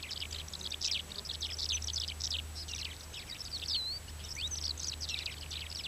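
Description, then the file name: Mongolian lark song, a continuous rapid jumble of chirping, twittering notes with a few clear whistled slurs, over a steady low hum. Song, with other males in the background. "Melanocorypha mongolica song background-other-male"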